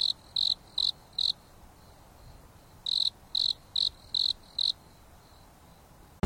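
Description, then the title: Insect chirping in quick high runs of four and five notes separated by a pause, ending with a brief click, light hiss throughout. Insects singing at night on a mountain top under a starry sky, with a gentle breeze blowing. "There is a gentle breeze blowing on the top of the mountain under the starry sky, and the insects are singing leisurely."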